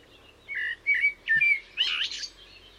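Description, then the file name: Common blackbird song, three or four clear fluted whistles followed by a brief squeaky, twittering ending. "Turdus merula"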